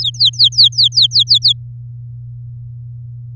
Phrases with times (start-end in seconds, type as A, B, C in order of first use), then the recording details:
0.01-1.53 A. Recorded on 9 May 2018 at 08:20. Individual llb16